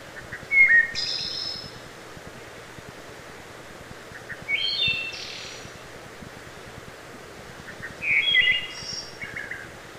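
Wood thrush singing three flutelike phrases, each opening with soft low notes, then a clear whistled warble and a high buzzy trill, roughly every four seconds.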